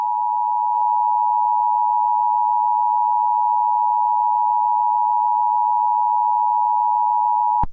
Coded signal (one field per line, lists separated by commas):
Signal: Emergency Alert System (SAME) tones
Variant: 853 and 960 Hz attention tone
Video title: EAS: Restaurant killings and robberies Part 4